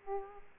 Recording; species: mosquito wingbeat signal from an infrared sensor; Aedes aegypti